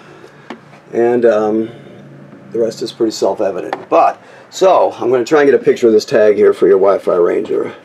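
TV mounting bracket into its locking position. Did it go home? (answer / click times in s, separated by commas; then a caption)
yes / 0.5 s. A wall-mounted TV bracket in a 2020 Flagstaff E-Pro 19FBS is swung into position and locks into place with a single sharp click at 0.5 s. Afterward someone talks.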